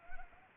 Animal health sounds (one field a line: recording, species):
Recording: mosquito wingbeat signal from an infrared sensor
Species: Anopheles arabiensis